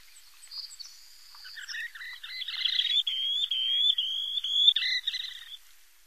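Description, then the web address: Least sandpiper high, wavering trilled calls that build into a long, quavering rippling note, then stop. "Songs of Birds of North America Stokes. Least Sandpiper"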